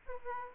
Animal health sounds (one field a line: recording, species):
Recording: mosquito wingbeat signal from an infrared sensor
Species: Aedes aegypti